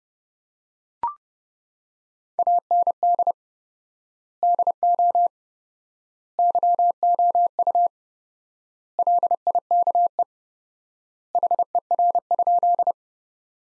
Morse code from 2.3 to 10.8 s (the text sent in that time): AND DO YOU LIKE